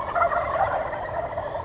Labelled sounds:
Wild Turkey (Meleagris gallopavo)
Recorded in Sonoma County, California

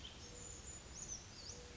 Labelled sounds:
Brown Creeper (Certhia americana)
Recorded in Sonoma County, California

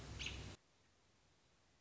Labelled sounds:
American Robin (Turdus migratorius)
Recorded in Sonoma County, California

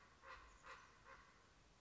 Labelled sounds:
Common Raven (Corvus corax)
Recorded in Sonoma County, California

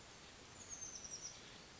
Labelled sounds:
Oak Titmouse (Baeolophus inornatus)
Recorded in Sonoma County, California

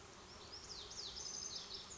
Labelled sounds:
Lazuli Bunting (Passerina amoena)
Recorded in Sonoma County, California

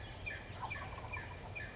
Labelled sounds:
California Towhee (Melozone crissalis)
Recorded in Sonoma County, California

